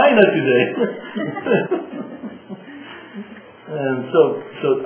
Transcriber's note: laughter